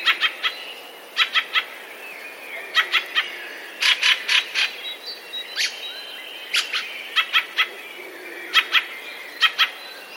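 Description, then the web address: Fieldfare calls: rough, clipped chack notes in small clusters throughout, with soft high squeaks between them. "wroblowe kolekcja turdus pilaris"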